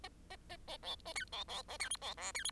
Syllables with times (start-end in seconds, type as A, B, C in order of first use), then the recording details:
0.03-0.08 A, 0.30-0.36 A, 0.49-0.57 A, 0.68-0.77 A, 0.82-0.96 B, 1.05-1.13 A, 1.15-1.24 C, 1.32-1.44 B, 1.48-1.62 B, 1.68-1.77 A, 1.79-1.89 C, 1.90-1.97 D, 2.01-2.14 B, 2.17-2.32 E, 2.34-2.44 C, 2.44-2.51 D. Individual Bird10